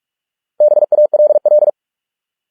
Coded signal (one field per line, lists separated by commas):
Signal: Morse code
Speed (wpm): 46 wpm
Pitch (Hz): 600 Hz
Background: none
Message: BALL